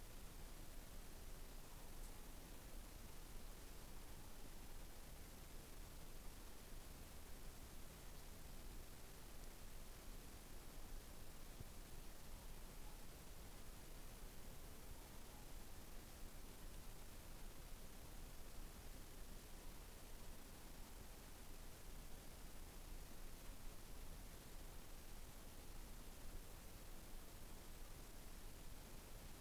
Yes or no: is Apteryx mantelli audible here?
no